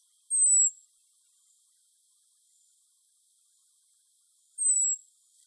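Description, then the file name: European robin, two very high thin falling tseee notes about four seconds apart, with quiet background between. "Erithacus rubecula"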